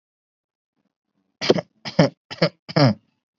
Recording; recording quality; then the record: shallow voluntary cough; excellent, no background noise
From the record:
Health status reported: healthy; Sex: male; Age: 27 years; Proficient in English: yes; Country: India